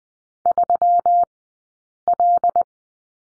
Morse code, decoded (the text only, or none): 3L